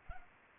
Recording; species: mosquito wingbeat signal from an infrared sensor; Culex pipiens